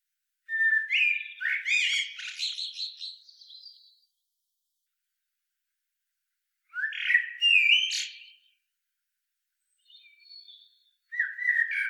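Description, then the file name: Common blackbird singing: a long chattering, warbled phrase, then after a pause a shorter squeaky burst, a faint high note, and a lower phrase starting at the end. "Turdus merula"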